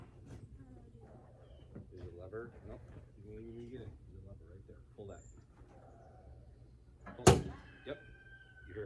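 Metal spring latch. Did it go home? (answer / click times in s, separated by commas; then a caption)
released / 7.3 s. Someone talks, then the interior hood release lever in a car's cabin is pulled. The hood latch springs open with a loud pop at 7.3 s, releasing the hood.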